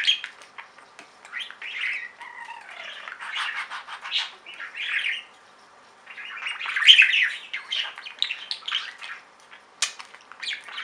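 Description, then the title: Budgerigar warbling in two long bouts, with buzzy chirps, a short falling whistle and harsh squeaky notes, split by a brief pause. "Budgie Sounds"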